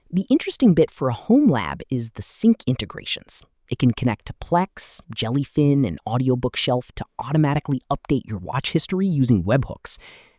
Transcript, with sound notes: The interesting bit for a homelab is the sync integrations. [with emphasis] It can connect to Plex, Jellyfin, and Audiobookshelf to automatically update your watch history using webhooks.